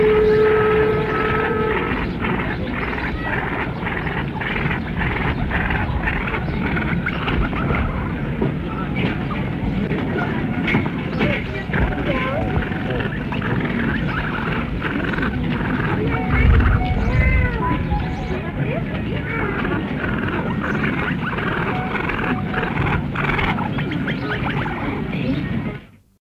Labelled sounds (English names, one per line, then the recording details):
Common Pheasant call
Golden Pheasant
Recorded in captivity
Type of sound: call
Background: Chrysolophus pictus
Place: Tierpark Berlin, Berlin, DE
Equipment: Halbspur, 9,5 cm/s
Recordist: Lütgens, Hans
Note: Abwehr gegenüber Goldfasan, durch Gitter getrennt, die weichen Laute von Goldfasan